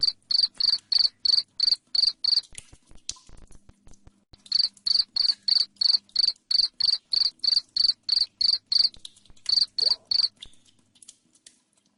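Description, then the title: Cricket sounding steady, piercing chirps about three each second, with a silent stretch near the third second and a short break near nine seconds. Loud cricket chirping played to make lovebirds sing continuously. "Suara JANGKRIK NGERIK Keras Bikin LOVEBIRD Jadi NGEKEK Terus Vubey"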